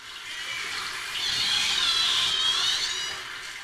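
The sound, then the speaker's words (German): Antarctic orcas calling underwater: high, wavering whistles and squeals that bend up and down over a steady wash of hiss, swelling slightly in the middle, with no voices. “Hier die antarktischen Orcas.”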